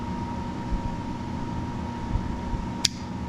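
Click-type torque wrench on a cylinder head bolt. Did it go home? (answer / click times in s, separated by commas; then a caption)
yes / 2.9 s. A click-type torque wrench, set down to 40, tightens a cylinder head bolt on a Kohler K91 4hp engine during head installation, over a steady hum with a constant tone near 1 kHz. The wrench gives a sharp click at 2.9 s, confirming the bolt has reached the 40 setting.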